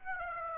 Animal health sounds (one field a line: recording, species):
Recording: mosquito wingbeat signal from an infrared sensor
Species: Aedes aegypti